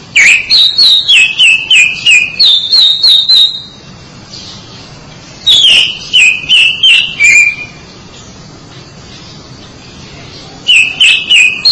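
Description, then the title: Oriental magpie-robin song in phrases of rapid, evenly spaced whistled notes alternating between two pitches, each phrase a few seconds long, separated by pauses. "Suara Kicauan Burung Kacer Durasi Panjang"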